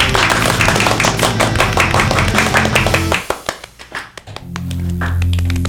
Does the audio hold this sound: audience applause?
yes